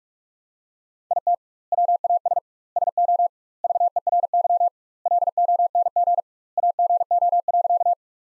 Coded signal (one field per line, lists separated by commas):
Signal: Morse code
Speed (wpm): 46 wpm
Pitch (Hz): 700 Hz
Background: none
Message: IT WAS SO VERY LONG AGO.